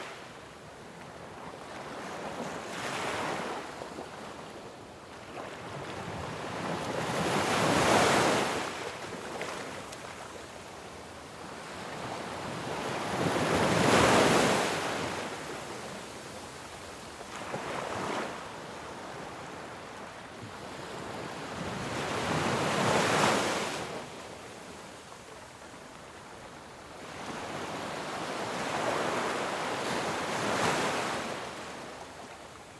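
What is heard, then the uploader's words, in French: Waves wash rhythmically against the shore, swelling and receding roughly every five seconds, each soft rush building to a hiss before fading back. Le rythme répétitif des vagues contre le rivage. Le doux murmure des vagues.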